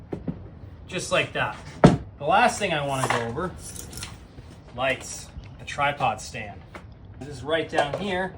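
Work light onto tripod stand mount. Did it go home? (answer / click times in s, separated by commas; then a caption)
no / none. Someone talks while a cordless work light is handled and brought to its tripod stand mount, with a few brief knocks of handling. Nothing has seated or clicked yet; the light is not yet latched onto the stand when the clip ends.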